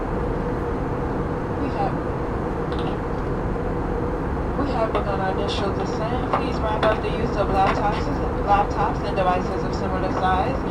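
A steady, dense low roar of a plane in flight fills the whole recording without letup. From about four seconds in, people's voices talk over the drone in short, broken phrases, coming and going until the end.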